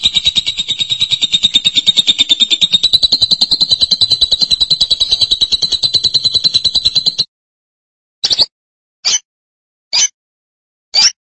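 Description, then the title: Lovebird chatter: a long rapid buzzy trill lasting about seven seconds, followed by silence and four short sharp chirps spaced roughly a second apart. "BM Suara Burung Lovebird"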